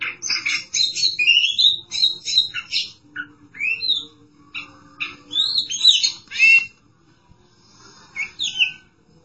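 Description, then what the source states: Oriental magpie-robin song, dense scratchy phrases and rising whistles in the first half, then quieter with a final brief burst of notes. Chirping song (kicauan) of the bird.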